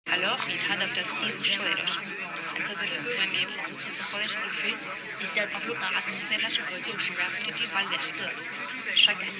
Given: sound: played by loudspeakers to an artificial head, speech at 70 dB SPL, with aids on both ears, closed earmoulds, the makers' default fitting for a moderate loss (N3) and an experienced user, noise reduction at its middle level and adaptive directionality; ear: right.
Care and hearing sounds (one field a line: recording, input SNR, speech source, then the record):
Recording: speech test signal (ISTS) in cocktail-party noise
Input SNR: -6 dB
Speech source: on the right (90 degrees)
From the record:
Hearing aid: class 2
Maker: G